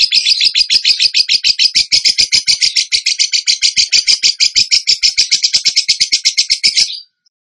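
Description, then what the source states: Bird song: rapid, rattling high-pitched trill of repeated notes for about seven seconds, then stopping abruptly. Bird singing actively (gacor) in the tembakan song style, from a masteran (training) recording.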